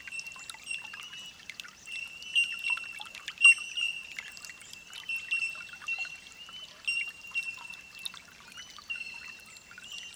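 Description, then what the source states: Chorus of bellbirds, continuous high chiming with frequent short pings layered over each other, a few notes standing out louder. Holophonic recording.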